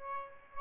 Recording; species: mosquito wingbeat signal from an infrared sensor; Aedes albopictus